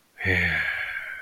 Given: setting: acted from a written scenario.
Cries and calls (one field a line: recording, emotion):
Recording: vocal sound without words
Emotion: shame